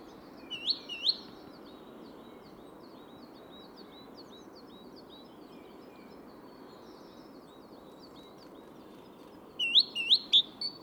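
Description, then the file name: Great tit calls: a quick burst of rising notes near the start and another at the end, with faint high chatter of other birds and constant low noise. "Parus major"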